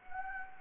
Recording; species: mosquito wingbeat signal from an infrared sensor; Anopheles gambiae